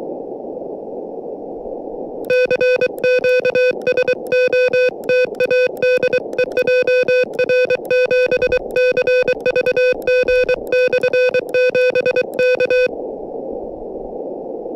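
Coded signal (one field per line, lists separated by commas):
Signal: Morse code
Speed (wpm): 23 wpm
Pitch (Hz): 500 Hz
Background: none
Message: CQ SOTA DE JR7CVG/7 K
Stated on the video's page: Morse from a SOTA summit activation on 40m, 5W QRP from an Elecraft KH1 with whip antenna, sent with an iambic KH1 paddle.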